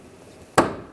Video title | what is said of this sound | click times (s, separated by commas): How to Replace Liftgate Lift Supports 2009-2017 Volkswagen Tiguan | push that on that locks in place you could do the same on the other side | 0.6 s